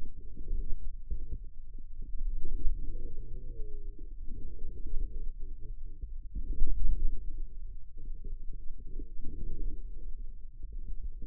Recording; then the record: forearm muscle sounds (acoustic myography)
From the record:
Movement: inward rotation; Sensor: system 2, bracelet of six BSWA MPA416 microphones around the upper forearm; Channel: 5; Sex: male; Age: 22 years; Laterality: right